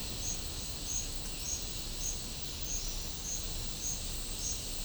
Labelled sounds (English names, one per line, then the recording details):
none
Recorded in pastures near Puerto Asís, Putumayo, Colombia, on 18 December 2024 at 10:30
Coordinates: 0.496, -76.326
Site G004